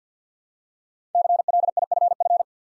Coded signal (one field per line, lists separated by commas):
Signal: Morse code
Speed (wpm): 49 wpm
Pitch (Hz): 700 Hz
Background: none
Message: CLIFF